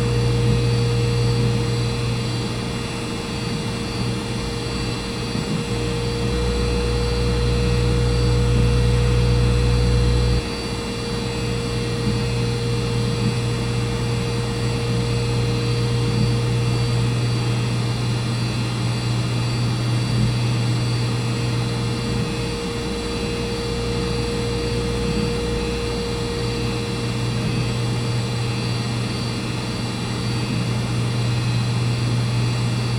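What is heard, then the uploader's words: Computers hum steadily in a studio room, a dense, even drone with a strong low throb and a thin steady whine in the middle. Around ten seconds the lowest layer drops slightly and the sound settles, otherwise unchanging throughout. Recording of encoding computers humming in WFMU's Studio C by Dan Bodah.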